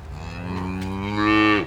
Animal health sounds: contact call of a hoofed animal; cattle; low-frequency (closed-mouth) or high-frequency (open-mouth) call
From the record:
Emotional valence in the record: negative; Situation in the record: full separation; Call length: 1.67 s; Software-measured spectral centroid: 1930 Hz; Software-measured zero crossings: 1420 a second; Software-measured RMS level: -22 dBFS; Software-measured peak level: -6 dBFS

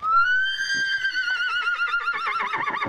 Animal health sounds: contact call of a hoofed animal; horse; whinny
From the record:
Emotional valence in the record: negative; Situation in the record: separation from one group member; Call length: 2.9 s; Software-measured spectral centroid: 2140 Hz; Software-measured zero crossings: 3210 a second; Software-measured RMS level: -24 dBFS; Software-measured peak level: -11 dBFS

